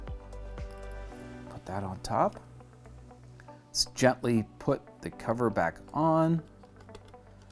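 Someone talks while gently fitting the plastic cover back onto the shell of a VHS-C tape cassette that was repaired after the tape broke off its spool. Small handling taps and light plastic contact sounds are heard. Nothing has seated or clicked yet.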